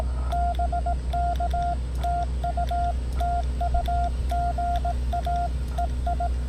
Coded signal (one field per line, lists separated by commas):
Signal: Morse code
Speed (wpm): 17 wpm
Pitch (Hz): 700 Hz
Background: none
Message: BK TU TU GA EI